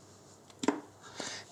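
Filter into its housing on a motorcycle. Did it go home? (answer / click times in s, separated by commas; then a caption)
yes / 0.6 s, 0.7 s. A new filter is pushed firmly into its housing on a Ducati V2 Panigale motorcycle, since a light push is not enough to seat it. A sharp double pop at 0.6 and 0.7 seconds marks the filter seating and going in about an extra 5 millimetres, followed by a softer rustle near 1.2 seconds. The filter is correctly seated.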